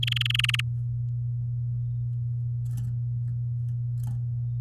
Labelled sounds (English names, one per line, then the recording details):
Domestic Canary song
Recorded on 8 May 2018 at 12:06
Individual llb16